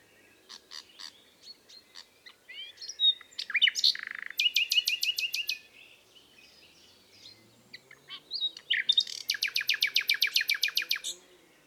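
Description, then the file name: Common nightingale song: varied phrases of sharp chirps and whistles, then two bursts of rapid loud repeated notes, mostly high-pitched, with quiet gaps between phrases. "Luscinia megarhynchos"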